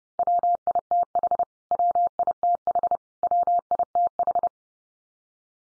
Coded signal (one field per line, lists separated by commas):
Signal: Morse code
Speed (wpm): 30 wpm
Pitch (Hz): 700 Hz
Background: none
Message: WITH WITH WITH